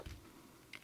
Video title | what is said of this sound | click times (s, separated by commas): Tutorial: How To Change Your Clip | hear the clip release you're gonna take the clip out | 0.7 s